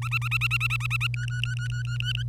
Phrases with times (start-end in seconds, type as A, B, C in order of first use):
0.02-1.07 A, 1.14-2.23 B